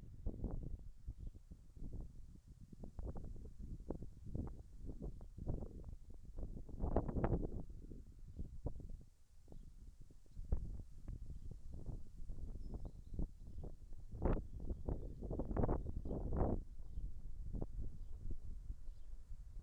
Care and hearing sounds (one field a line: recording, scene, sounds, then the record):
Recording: everyday scene through a hearing-aid microphone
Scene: wind on the microphone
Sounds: wind, birds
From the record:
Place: in front of a rural house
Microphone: behind the ear, right, front